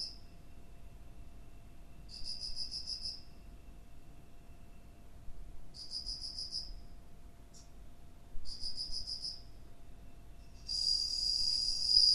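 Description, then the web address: Cricket song in short chirp bursts about a second long, separated by pauses, ending with a louder continuous trill. "Hoerbeispiele Grillen"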